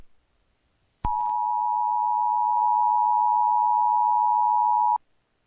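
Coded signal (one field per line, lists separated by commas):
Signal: Emergency Alert System (SAME) tones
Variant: 853 and 960 Hz attention tone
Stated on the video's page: Fictional analog horror recreation of a mid-2000s county EAS alert.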